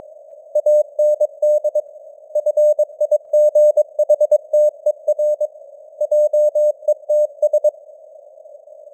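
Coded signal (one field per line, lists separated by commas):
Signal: Morse code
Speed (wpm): 22 wpm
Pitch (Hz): 600 Hz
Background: none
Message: AND FIGHTER JETS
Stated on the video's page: News headlines in Morse at 22 wpm, with simulated radio noise and varying signal strength (QSB).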